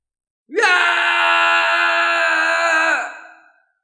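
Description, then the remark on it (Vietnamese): A man's single long, anguished scream like a wounded beast, loud and harsh, rising sharply at the start, holding steady for a few seconds, then trailing away. “Thạch Hạo hét dài tựa như dã thú bị thương, mái tóc đen đầy đầu rối loạn, hai mắt đỏ ngầu, luồng bi phẫn không ngừng được phát tiết.”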